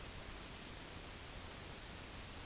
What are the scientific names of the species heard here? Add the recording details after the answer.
none. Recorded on Arctic tundra, site UTQI-8, on 11 June 2019. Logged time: 06:00